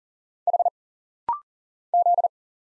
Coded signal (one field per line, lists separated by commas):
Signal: Morse code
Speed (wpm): 40 wpm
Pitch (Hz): 700 Hz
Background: none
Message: H Z